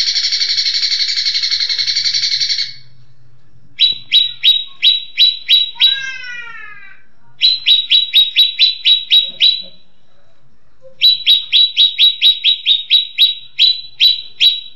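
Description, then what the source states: Leafbird song opening with a harsh buzzy burst, then bursts of quick, sharp repeated chips separated by pauses, with a brief descending twitter between. Cucak ijo song in the tembakan cililinan style.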